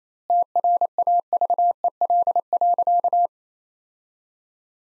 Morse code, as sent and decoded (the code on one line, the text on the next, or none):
- .-. .- ...- . .-.. .-.-.-
TRAVEL.